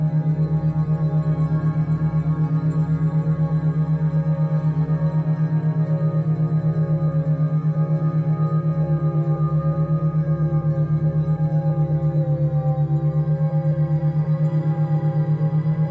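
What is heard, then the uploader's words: A sound bath drone, held by a singing bowl ringing steadily for the whole stretch. A strong low hum pulses in a rapid, even wobble, with many fainter bright overtones layered above it. Around twelve seconds the upper tones shift slightly, but the sound never breaks. The peaceful, ambient sounds of a sound bath.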